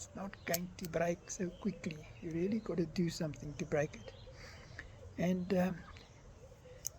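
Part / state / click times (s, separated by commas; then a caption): multitool handles folding closed onto the tool body / seated / 6.9 s. Someone talks while a stainless steel multitool's handles are folded back closed onto the tool body. A short, sharp click at 6.9 s marks the handles snapping shut and the tool seating closed, the click of proper steel sticking together.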